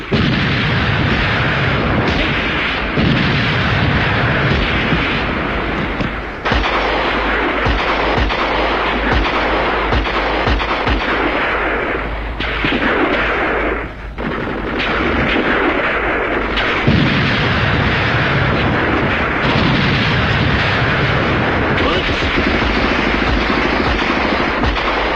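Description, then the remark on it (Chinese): Loud, sustained battle din of booming artillery and crackling gunfire in the eight-year War of Resistance against Japan, with heavy low rumbles and sharp bursts layered continuously throughout, and no speech. “炮声震地，杀声冲天，八年抗战，谁知道进行了多少次战斗，谁知道牺牲了多少生命。”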